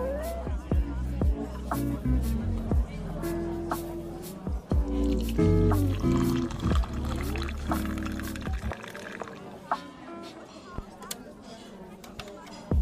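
Coffee shop ambience with steady murmured conversation and voices rising and falling throughout. Frequent sharp clinks and knocks of cups and dishes punctuate it, with a busier cluster of clatter and a brief pouring or hissing sound around the middle before it thins out.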